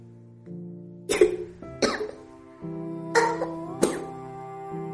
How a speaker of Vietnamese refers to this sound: Cổ họng giống như bị lửa thiêu đốt vậy. Noãn Tâm khó chịu đến mức ho khan.